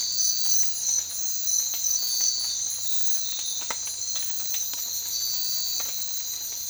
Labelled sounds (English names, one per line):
none